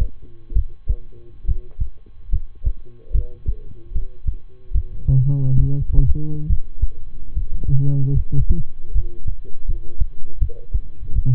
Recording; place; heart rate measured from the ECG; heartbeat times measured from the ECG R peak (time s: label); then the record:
heart sounds by stethoscope; between the tricuspid and mitral areas; 74 bpm
0.52 s: heartbeat
1.44 s: heartbeat
2.29 s: heartbeat
3.11 s: heartbeat
3.91 s: heartbeat
4.71 s: heartbeat
5.56 s: heartbeat
6.46 s: heartbeat
7.32 s: heartbeat
8.13 s: heartbeat
8.91 s: heartbeat
9.65 s: heartbeat
10.38 s: heartbeat
11.12 s: heartbeat
From the record:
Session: rest, lying down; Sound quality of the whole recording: good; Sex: male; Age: 23 years